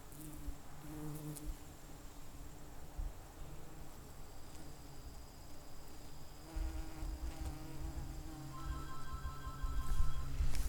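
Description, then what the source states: Bees buzzing as a low continuous hum, joined late by brief higher whining tones and a few louder knocks toward the end. Bees, recorded close.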